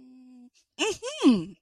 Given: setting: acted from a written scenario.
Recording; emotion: vocal sound without words; realization